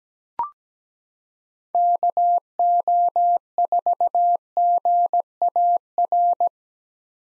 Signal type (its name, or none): Morse code